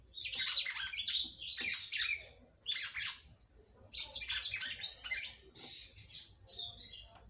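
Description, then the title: Red-cowled cardinal song in separate phrases of rapid, jumbled chirps and warbles, several phrases with short silences between, faint low hum beneath. "Galo De Campina"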